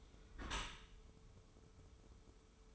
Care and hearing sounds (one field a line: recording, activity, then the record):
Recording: daily activity, microphone in the room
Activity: close dishwasher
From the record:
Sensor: 1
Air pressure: 1015.0 hPa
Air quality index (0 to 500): 25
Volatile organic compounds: 0 ppm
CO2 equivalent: 500 ppm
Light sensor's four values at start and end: 13/30/12/13 and 13/30/12/13